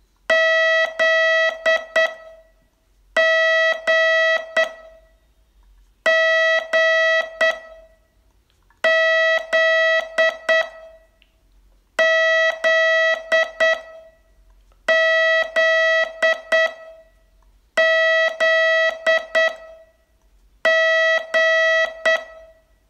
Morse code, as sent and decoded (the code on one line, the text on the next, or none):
--.. / --. / --. / --.. / --.. / --.. / --.. / --.
Z G G Z Z Z Z G